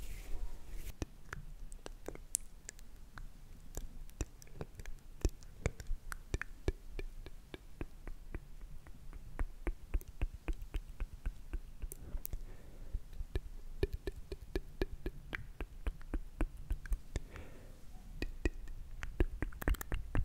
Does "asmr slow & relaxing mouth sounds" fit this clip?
yes